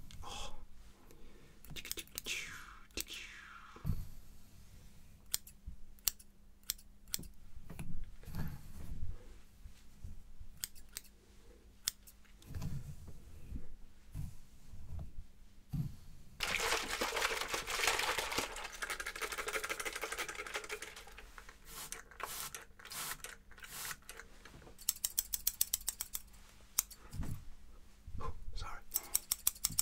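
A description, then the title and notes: Scissors snip, sometimes in quick bursts of sharp clicks and sometimes slower, spaced cuts. Around the middle, a soft brushing hiss fills several seconds before the snipping returns, with a low steady hum underneath throughout. HAIRCUT Fast & Slow Scissors & Brushing (ASMR HAIRCUT ROLEPLAY).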